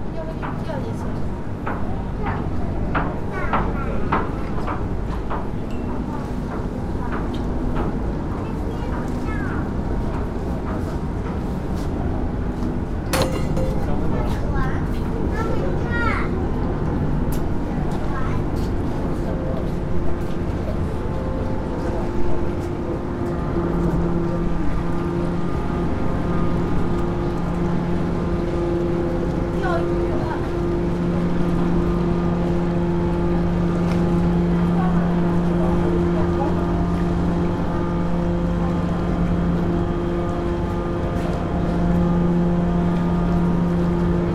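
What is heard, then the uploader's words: Aboard a ferry, a steady, heavy engine rumble fills the whole clip at an even loudness. Scattered clanks and knocks come through in the first twenty seconds, with faint voices, and from about the midpoint a low droning hum rises and holds. Ferry.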